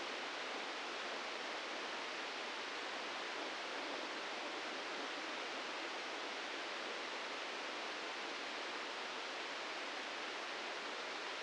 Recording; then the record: brain microelectrode recording played as sound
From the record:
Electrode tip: outside the subthalamic nucleus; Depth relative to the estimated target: 4 mm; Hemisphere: right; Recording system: NeuroSet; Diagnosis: Parkinson's disease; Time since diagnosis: 15 years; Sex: male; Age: 65 years